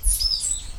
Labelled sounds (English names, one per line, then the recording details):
Stitchbird song
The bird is a male
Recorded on Tiritiri Matangi Island, New Zealand, in 2005
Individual 19, of nest box 27